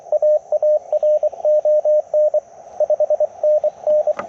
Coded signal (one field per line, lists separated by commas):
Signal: Morse code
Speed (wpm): 25 wpm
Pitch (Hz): 610 Hz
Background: radio noise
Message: AARON 5NN